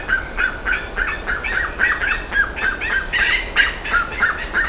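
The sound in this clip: Bird uttering quick, rhythmic harsh notes in a continuous series.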